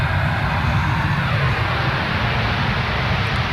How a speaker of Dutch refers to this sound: Je hoort de vliegtuigen ook overgaan.